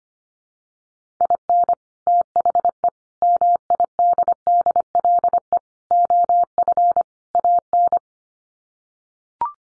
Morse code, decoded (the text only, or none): IN THE MIDDLE OF AN